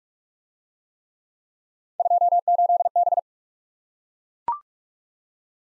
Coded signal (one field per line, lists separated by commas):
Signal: Morse code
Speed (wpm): 44 wpm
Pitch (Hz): 700 Hz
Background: none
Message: 28B